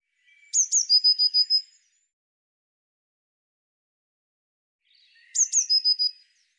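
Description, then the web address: Eurasian blue tit giving two call bouts about five seconds apart, each two high thin notes leading into a fast, stuttered run of lower notes. "cianscape birddata Deverinetal Bird Cy Ca"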